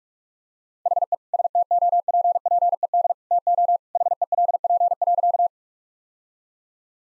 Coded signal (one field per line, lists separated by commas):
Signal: Morse code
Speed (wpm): 45 wpm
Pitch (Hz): 700 Hz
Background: none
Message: HE STOPPED TO HELP.